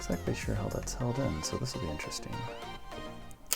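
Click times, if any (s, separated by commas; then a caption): 3.5 s. While a cracked screen is removed from an F(x)tec Pro¹ phone, the small display flex cable's mini connector is unplugged from the phone's mainboard as someone talks over background music. A sharp, short click at 3.5 s marks the connector popping off its board, releasing the cable.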